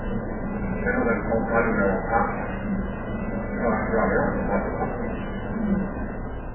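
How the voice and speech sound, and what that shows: Muffled but fairly fluent, almost normal speech from an adult with ALS on mechanical ventilation via tracheostomy. Breathing function has declined so far that breathing would soon fail off the ventilator, yet with it attached speech is nearly normal.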